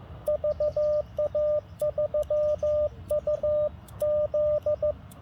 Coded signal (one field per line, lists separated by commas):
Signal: Morse code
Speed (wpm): 15 wpm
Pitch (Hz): 600 Hz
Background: radio noise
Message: VA3UZ